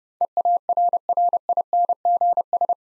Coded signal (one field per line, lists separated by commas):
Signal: Morse code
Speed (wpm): 30 wpm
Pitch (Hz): 700 Hz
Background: none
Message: EARRINGS